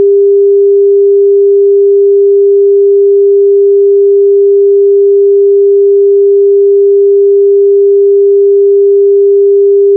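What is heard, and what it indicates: A single steady, pure mid-pitched tone near 400 Hz holds unchanged for the full ten seconds, with no other sound. It is a test tone for tinnitus determination, used to match the pitch of one's own tinnitus and standing in for ringing heard in the ear.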